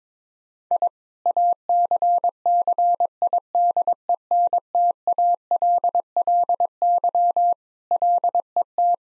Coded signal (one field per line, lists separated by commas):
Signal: Morse code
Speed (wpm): 21 wpm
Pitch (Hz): 700 Hz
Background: none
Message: I ACCIDENTALLY LET